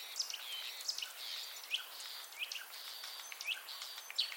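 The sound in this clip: Common starling calls, soft chattering with sharp upward squeaks every second or so, all set against a steady hiss.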